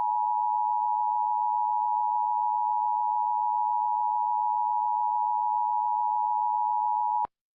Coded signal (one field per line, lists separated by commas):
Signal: Emergency Alert System (SAME) tones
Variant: 853 and 960 Hz attention tone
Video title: EAS MOCK: Tornado Warning for the 3 major Twin Cities counties